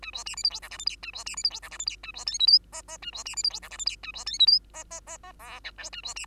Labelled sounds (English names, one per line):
Bengalese Finch song